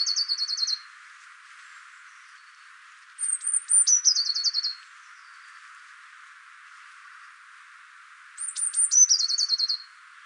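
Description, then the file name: Eurasian blue tit calling in three bursts, the later two of thin, very high notes followed by a quick buzzy trill, with pauses of several seconds between bursts. "Cyanistes caeruleus"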